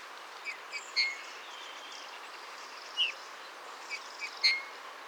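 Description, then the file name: Eurasian bullfinch calls: soft, level piping whistles, a handful of notes scattered over five seconds, with a few fainter short notes between them. "Pyrrhula pyrrhula"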